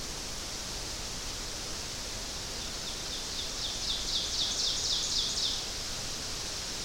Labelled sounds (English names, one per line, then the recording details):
Ovenbird song
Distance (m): 50 m
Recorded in boreal forest in Alberta, Canada, on 12 June 2016 at 06:12
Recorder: SongMeter 3, array SBT-3-18
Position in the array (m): 229 m, 90 m
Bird 31